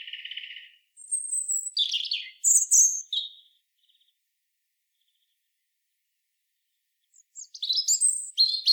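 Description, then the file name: European robin singing a varied phrase of high whistles and twittering trills, then a long silence, then another thin, high, liquid phrase starting near the end. "Erithacus rubecula"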